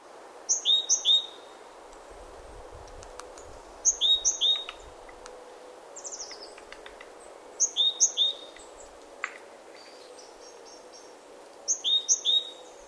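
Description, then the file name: Great tit song: bright two-note phrases, high then lower, repeated in short bursts about every four seconds, with faint clicks and other chirps between. "Parus major"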